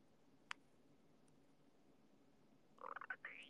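After a quiet stretch with one sharp click, a short burst of bubbly, squeaky gurgles ends in a rising whine, lasting under a second. This is an adult's stomach growling (borborygmus), the ordinary sound of gas and fluid moving through the gut.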